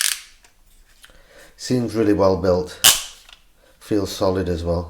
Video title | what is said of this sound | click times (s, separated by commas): Vicseed 3-1 Car Phone Holder | clips together until it locks into place seems | 0.1 s